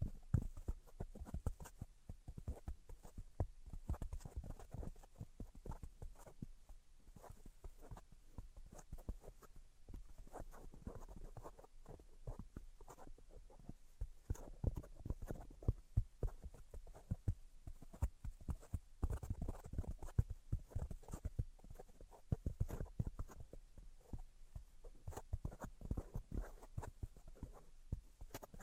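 Dense, irregular tapping and scratching, quick soft knocks with low thuds, continuing steadily throughout with a faint high hiss behind.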